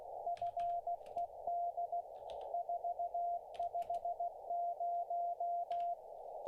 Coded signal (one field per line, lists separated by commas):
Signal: Morse code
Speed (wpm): 16 wpm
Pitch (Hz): 690 Hz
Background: none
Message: FED 450